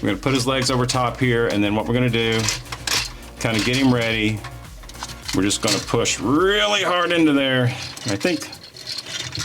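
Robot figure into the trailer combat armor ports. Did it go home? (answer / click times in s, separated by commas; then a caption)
yes / 9.4 s. A plastic robot figure is placed with its legs over the top and pushed hard into the ports of a large trailer combat armor mode while someone talks, with a few small plastic knocks during the handling. The figure snaps right in on the first try with a sharp click at 9.4 seconds.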